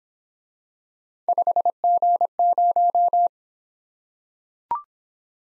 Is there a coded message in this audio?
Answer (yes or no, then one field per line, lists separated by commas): yes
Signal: Morse code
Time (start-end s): 1.3-3.3 s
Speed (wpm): 26 wpm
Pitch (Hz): 700 Hz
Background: none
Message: 5G0